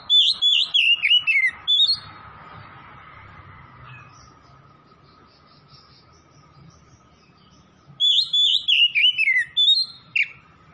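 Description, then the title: Oriental magpie-robin song, rapid bright whistled phrases sliding downward, delivered in two bursts separated by several seconds of quiet, with a faint steady hum. Tretes; singing vigorously (gacor). "Kacer Tretes"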